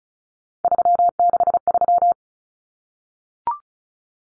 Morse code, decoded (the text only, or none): 363